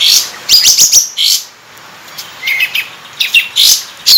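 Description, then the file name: Sooty-headed Bulbul calling in short bursts of sharp, high chirps separated by brief pauses. Kapas tembak 'buka ekor' (tail-opening) song style, used for training cage birds. "suara kapas tembak buka ekor"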